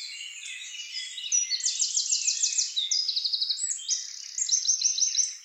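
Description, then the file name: Eurasian wren song made of several rapid, shrill trills in quick succession, each a fast run of identical high notes, separated by brief twitters. "Troglodytes troglodytes"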